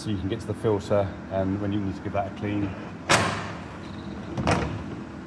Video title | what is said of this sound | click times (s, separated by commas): PXL 20250917 094818740 2 | So that just clicks back in and that pin goes back in on there. | 4.4 s, 4.5 s